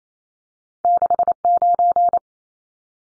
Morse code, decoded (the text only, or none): 69